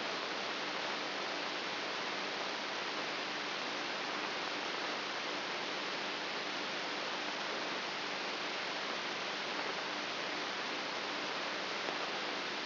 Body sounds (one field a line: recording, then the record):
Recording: brain microelectrode recording played as sound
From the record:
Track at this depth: inside the subthalamic nucleus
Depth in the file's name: 5.24 mm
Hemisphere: right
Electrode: 3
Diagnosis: Parkinson's disease